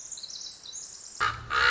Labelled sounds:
Pacific Wren (Troglodytes pacificus)
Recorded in Sonoma County, California

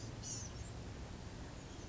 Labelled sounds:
Blue-gray Gnatcatcher (Polioptila caerulea)
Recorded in Sonoma County, California

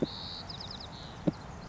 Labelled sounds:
White-crowned Sparrow (Zonotrichia leucophrys)
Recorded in Sonoma County, California

